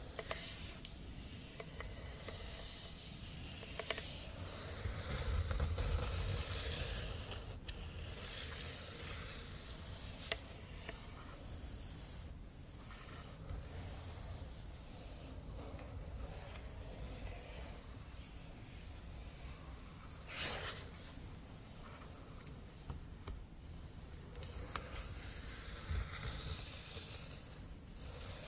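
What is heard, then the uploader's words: Scratching and tapping ASMR, a steady, soft hissing scrape with brighter swells of scratching around 5, 13, 20 and 26 seconds. Occasional sharp taps cut through, most clearly near 10 and 25 seconds, over a low, constant rumble. Scratching & Tapping ASMR.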